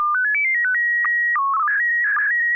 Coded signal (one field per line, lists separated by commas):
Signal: SSTV (slow-scan television)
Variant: PD 120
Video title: N6NA SSTV Net - 06/17/2026